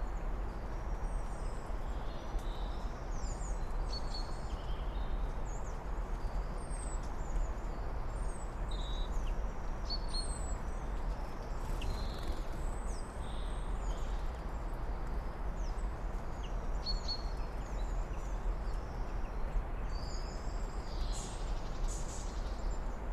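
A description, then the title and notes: Birds sing at dawn, a steady mix of high, thin chirps and short trills scattered through the whole clip, several voices overlapping. Beneath them runs a constant low rumble and hiss that stays level throughout. Birdsong Sounds of Sunrise: Forest Harmony. As the dawn light starts to filter through the trees, the birds begin to sing.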